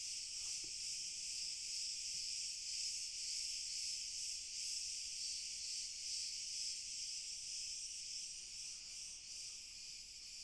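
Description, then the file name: A chorus of crickets makes a dense high-pitched trilling wall of sound that pulses faintly and continues unbroken throughout. "Grillen Chor"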